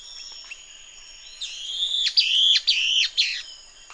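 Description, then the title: Fuscous flycatcher song: after a quiet start, a run of several sharp, buzzy notes in quick succession over steady high insect tones. Subspecies duidae. "LuckyPassaro Completos2Sama. Fuscous Flycatcher (Cnemotriccus fuscatus duidae)"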